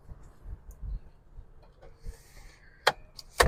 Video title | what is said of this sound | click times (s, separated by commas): 2023 Bentley Bentayga EWB Azure | Will lock into place. | 2.9 s, 3.4 s